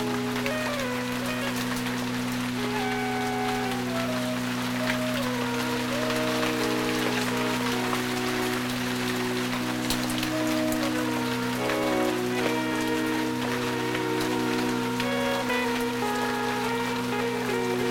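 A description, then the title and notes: Steady rain patters densely on leaves beneath soft, slow music, a low sustained drone with gentle melodic notes drifting throughout. Rain in the Garden. The sound of rain on leaves with gentle music.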